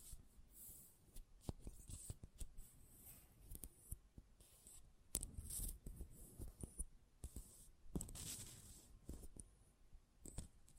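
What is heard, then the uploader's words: Close-up metallic sounds: irregular clicks, scrapes and rubbing bursts, with louder rough scraping around five and eight seconds. ASMR Close Up Metallic Sounds (No Talking).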